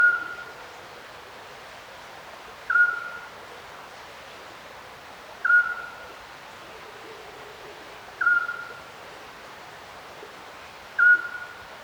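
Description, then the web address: Little owl, five short whistled calls at a steady pace of about one every two and a half seconds, with a constant rushing background. Recorded by a river at night, the owl distant. "Ivo Vicic - Natural ambiences vol 1. Little owl river night distant"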